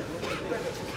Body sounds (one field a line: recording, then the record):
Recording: coughing mixed with background sound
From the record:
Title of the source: 64 coughing, allergies, singing lungs